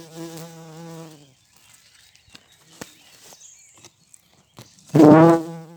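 Bumblebee flight drone, a low hum that wavers and fades, a pause with faint taps, then a sudden loud surge of buzzing before it drops away.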